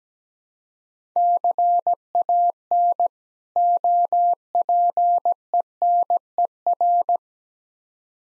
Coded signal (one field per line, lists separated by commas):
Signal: Morse code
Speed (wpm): 17 wpm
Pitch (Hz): 700 Hz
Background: none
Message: CAN OPENER